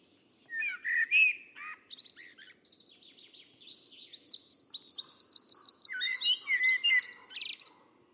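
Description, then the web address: Bird singing, warbled whistled phrases that rise into rapid high twittering trills, with a steady faint low hum underneath. "Deverinetal 2025. Bird Only"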